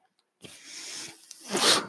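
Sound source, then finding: Home mechanical ventilator. Mechanical ventilator noise.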